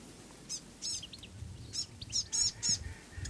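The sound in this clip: New Zealand fantail song: thin, very high squeaky notes given in an uneven string, several quick chirps bunched near the end, over a low rumbling background.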